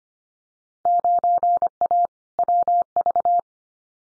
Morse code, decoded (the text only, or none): 9A WV